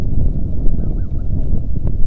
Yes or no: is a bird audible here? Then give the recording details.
yes. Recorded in the Arctic National Wildlife Refuge, Alaska, on 3 August 2019 at 09:07. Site 46